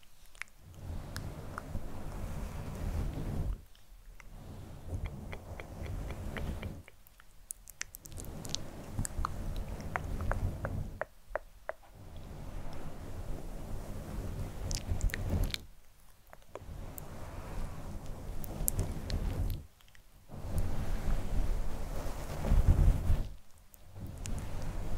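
Soft, dense scratching and rubbing on a fluffy microphone cover, with low muffled rumbling underneath and scattered crisp plucks. The texture comes in long stretches broken by brief near-silent pauses every few seconds, with a louder burst of rubbing around the twenty-second mark.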